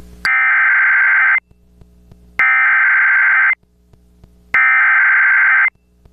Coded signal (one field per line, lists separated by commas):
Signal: Emergency Alert System (SAME) tones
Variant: header bursts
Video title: Tornado Warning (GA and SC) (9/26/24) [EAS #55]